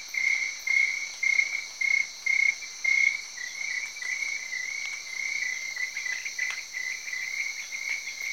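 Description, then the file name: Crickets chirping: clear pulsed bursts at first, blurring into a near-continuous trill, over a constant high-pitched insect hum and scattered soft taps. Night ambience in Africa; crickets with rain falling on big leaves. "Crickets, tree froogs and rain on big leaves"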